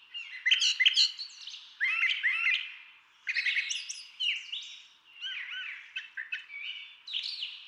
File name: Brown Thrasher